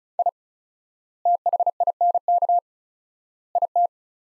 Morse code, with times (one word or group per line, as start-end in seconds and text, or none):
0.2-0.3 I
1.3-2.6 THINK
3.6-3.9 IT